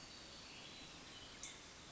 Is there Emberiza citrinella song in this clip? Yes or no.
no